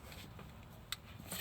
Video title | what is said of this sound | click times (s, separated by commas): Kia Soul 1.6L crankshaft sensor replacement P0335 P0336 & symptoms | You'll hear it latch. | 0.9 s